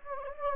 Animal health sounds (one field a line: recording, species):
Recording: mosquito wingbeat signal from an infrared sensor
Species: Anopheles gambiae